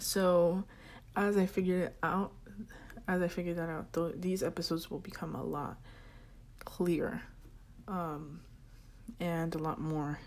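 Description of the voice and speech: Adult woman speaking with stuttering: she repeats a whole phrase and a part-word, uses a filled pause, and breaks off into long silences. Her anxiety has affected the way she talks and speaks, with dozing off mid-speech and repetition of sentences or words.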